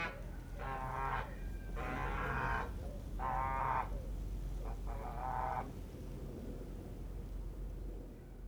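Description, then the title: Domestic goose: several harsh, nasal honks in quick succession, then quiet, over low background rumble. Geese waking in a farmyard at Mentque-Nortbécourt, Pas de Calais, France, 28 February 2022, 07:23, late winter, very fine sunny morning; MixPre 6 II with DPA microphones in quad ORTF. "Oies Domestiques 63 Rue Wattre, Mentque-Nortbécourt, France"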